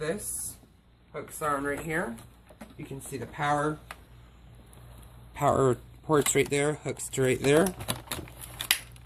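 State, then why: Seated. While assembling a Shark Powered Lift-Away Deluxe upright vacuum, someone talks as the wand or attachment is hooked into the hooks on the vacuum body, lined up with the power ports, and pushed straight on. A few light knocks lead to a sharp, loud click at 8.7 s as the part locks into place, seating it.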